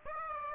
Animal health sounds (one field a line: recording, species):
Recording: mosquito wingbeat signal from an infrared sensor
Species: Aedes aegypti